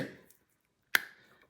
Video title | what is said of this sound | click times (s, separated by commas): Checking Torque Accuracy with the ITVS Universal Kit from ImplantWise | it this verifier is actually clicking | 1.0 s